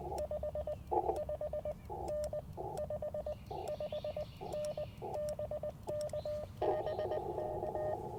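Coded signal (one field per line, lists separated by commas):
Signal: Morse code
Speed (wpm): 20 wpm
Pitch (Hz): 600 Hz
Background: none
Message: 55N 55N BK BK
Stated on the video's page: QRP CW Parks on the Air activation from an Icom IC-705 with a magnetic loop antenna and paddles.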